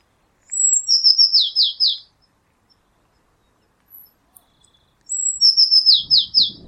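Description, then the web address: Eurasian blue tit giving two calls a few seconds apart, each a high thin whistle leading into a quick string of scolding, descending notes; a faint low rumble at the end. "cianscape birddata Deverinetal 2025 File origin Bird Only Cy Ca"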